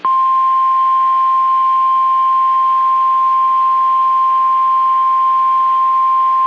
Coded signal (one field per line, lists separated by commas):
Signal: Emergency Alert System (SAME) tones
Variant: 1050 Hz attention tone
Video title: ANOTHER Severe Thunderstorm Warning (EAS #54)